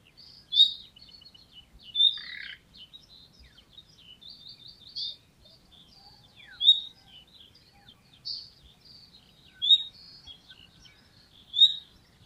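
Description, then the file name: Common nightingale singing scattered high twittering notes, with loud sharp emphatic notes recurring at irregular intervals amid soft chatter. "Luscinia megarhynchos"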